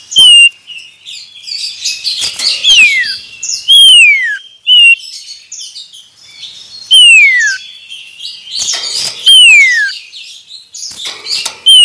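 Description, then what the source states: Common iora song: sharp descending whistled notes repeated every few seconds, mixed with busy chirps and clicks. Male.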